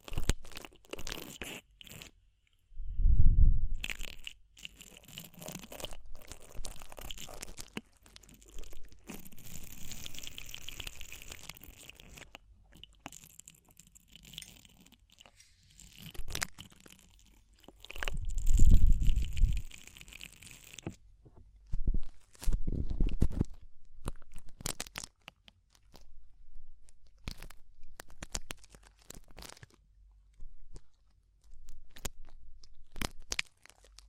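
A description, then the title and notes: Ear cleaning sounds, with irregular crunchy scratching and rustling, loud low thumps near 3 and 19 seconds, and clicky crackles toward the end. ASMR DEEP Ear Penetrating Cleaning (No Talking).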